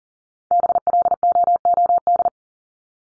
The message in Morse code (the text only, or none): BLOOD